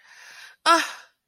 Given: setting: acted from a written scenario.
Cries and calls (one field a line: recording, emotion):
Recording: vocal sound without words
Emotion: anger